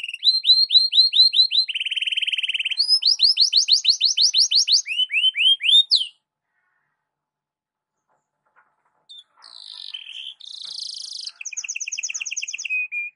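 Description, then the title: Belgian canary sings fast rising notes and a buzzy roll for six seconds, falls silent, then resumes with trills and rattling phrases. Belgian canary song used in the morning for warming up birds and for masteran (tutoring other birds). "Canto Para Esquentar Canário Belga. SUARA BURUNG KENARI DI PAGI HARI COCOK BUAT MASTERAN"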